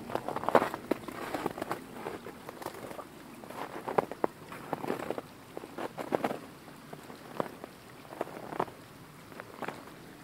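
Boots crunch through snow in uneven, frequent steps, each a short gritty burst, with a few sharper crunches near the start and around the middle. Beneath them runs a steady hiss of flowing water that never lets up.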